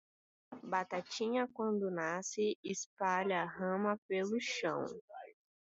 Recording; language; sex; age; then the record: short text; Brazilian Portuguese; female; 20 to 29 years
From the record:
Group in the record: control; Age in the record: 22 years